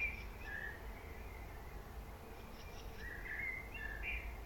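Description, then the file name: Common blackbird's soft fluty notes at the start, then a fuller warbling phrase with high twitters toward the end, over a low steady background. "Turdus merula"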